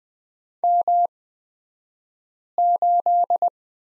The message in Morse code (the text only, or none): M8